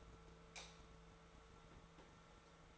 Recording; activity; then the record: daily activity, microphone in the room; light off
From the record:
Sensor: 3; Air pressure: 1014.7 hPa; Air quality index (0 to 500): 193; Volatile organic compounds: 25 ppm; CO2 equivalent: 2826 ppm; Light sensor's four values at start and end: 15/39/16/16 and 12/30/12/12